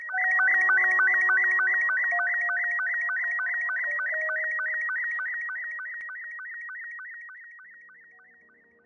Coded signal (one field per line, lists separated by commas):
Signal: SSTV (slow-scan television)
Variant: Robot 72